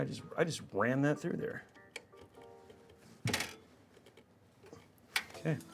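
During a gaming PC build in a Lian Li O11 Vision Compact case, a plastic PC cable connector is handled after a cable is routed and the part is flipped around, ready to be pushed into its socket. Someone talks over soft handling noises, with brief sharp taps and rustles around 2.0, 3.3 and 5.2 seconds. Nothing has seated or clicked yet.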